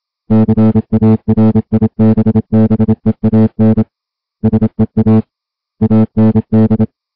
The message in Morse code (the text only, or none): CARIBBEAN SEA AND